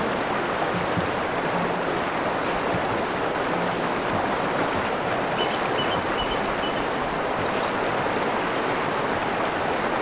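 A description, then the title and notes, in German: A wild forest stream rushes without pause, a dense, even hiss of water that fills everything from low to bright. Around the middle, a few faint, short chirps rise briefly above the flow, and a soft low tone hums near the start. Wildbach. Heute erholen wir uns in einen Wald an einem wilden Bach.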